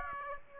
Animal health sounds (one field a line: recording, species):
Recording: mosquito wingbeat signal from an infrared sensor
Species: Aedes aegypti